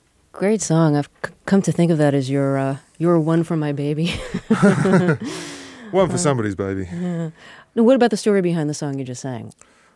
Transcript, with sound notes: great song. I've come to think of that as your "One For My Baby."
(LAUGHTER)
One for somebody's baby.
Yeah. Now, what about the story behind the song you just sang?